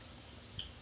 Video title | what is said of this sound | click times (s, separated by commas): 2015 Lexus RX 350 Break rotor and Pads Change | right, clicked into place. | 0.6 s